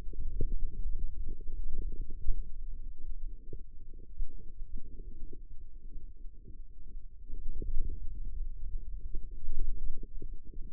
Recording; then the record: forearm muscle sounds (acoustic myography)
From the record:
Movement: ulnar deviation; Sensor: system 2, bracelet of six BSWA MPA416 microphones around the upper forearm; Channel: 5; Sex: male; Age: 22 years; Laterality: right